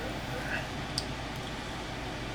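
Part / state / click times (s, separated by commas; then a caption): internal lockwork part into revolver frame / seated / 1.0 s. A steel internal lockwork part of a Llama Comanche III .357 revolver is set back into the frame at an angle and pushed home against a steady low background hiss. One sharp, bright metallic click sounds at 1.0 s as the part locks into place in the frame.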